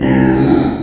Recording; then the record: squeal of a Yucatan mini pig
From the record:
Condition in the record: before surgery on the right vocal fold (resection and tissue-engineered implant); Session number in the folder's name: 2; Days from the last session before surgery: -15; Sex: female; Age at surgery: 19 weeks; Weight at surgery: 25 kg